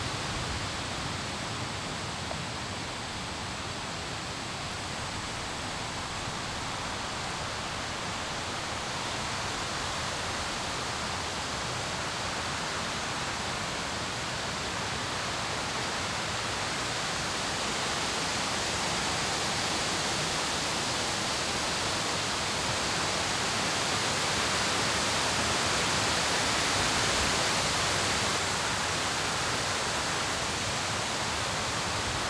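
Water pours steadily at the base of a waterfall, a dense, unbroken roar filling everything from deep rumble to bright hiss. The sound stays even throughout, swelling slightly louder in the last third, with no other sounds breaking through.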